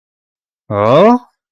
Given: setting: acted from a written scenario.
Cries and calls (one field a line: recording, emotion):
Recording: vocal sound without words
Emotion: realization